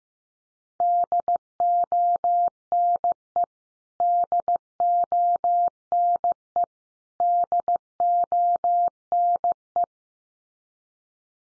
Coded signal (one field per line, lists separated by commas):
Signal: Morse code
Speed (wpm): 15 wpm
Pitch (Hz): 700 Hz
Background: none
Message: DONE DONE DONE